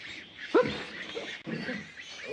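Pigs, a large one among smaller ones, grunting over a rough, noisy background, with one sharper, louder grunt near the start followed by lower, irregular snorts and grunts.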